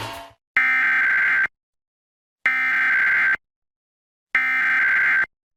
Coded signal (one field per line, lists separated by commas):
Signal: Emergency Alert System (SAME) tones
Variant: header bursts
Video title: South Carolina's Required Monthly Test for April on WYFF-TV! (EAS #685)